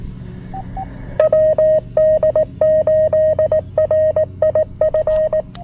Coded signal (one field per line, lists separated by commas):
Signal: Morse code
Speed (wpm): 19 wpm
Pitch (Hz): 620 Hz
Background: radio noise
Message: WD8RIF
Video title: Penntek TR-45L Skinny: QRP POTA from Great Seal State Park!